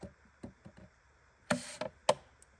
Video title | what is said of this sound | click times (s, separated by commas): CruzeKits.com V3.4 PCV Fix Kit In-Car Install | I felt that snap in. We are good to go. | 2.1 s